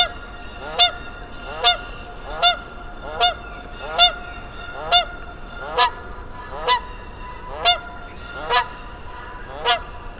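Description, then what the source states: Goose honking, a regular run of eleven sharp harmonic honks roughly one a second, some louder than others. Geese on the frozen bog at Mud Pond nature refuge, Vermont, early spring, after a lone goose's companions arrived from the south and it perked up; parabolic microphone on a stand.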